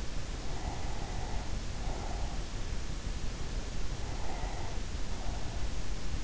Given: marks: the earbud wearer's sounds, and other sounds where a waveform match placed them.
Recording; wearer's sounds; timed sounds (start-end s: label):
sounds in sleep by an in-ear microphone; breath
0.24-2.55 s: breath
3.95-6.04 s: breath